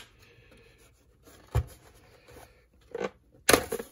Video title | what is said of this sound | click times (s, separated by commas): Unboxing and Repair of an Electra TC-505 R2R Tape Recorder | there we go snaps right into the side of the case beautifully | 3.5 s